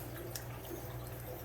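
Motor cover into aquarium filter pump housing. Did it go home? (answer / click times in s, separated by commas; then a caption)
yes / 0.4 s. A plastic motor cover on a Seachem Tidal aquarium filter pump housing is set flush and twisted until it locks. A short, sharp click at 0.4 s stands out over a steady low hum and faint watery trickle. The cover is seated in place.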